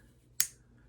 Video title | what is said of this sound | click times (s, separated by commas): CIVIVI Appalachian Drifter Review - S35VN and Micarta - Modern Slipjoint? | and clicks into place it's not a it's not a locking blade though you see | 0.4 s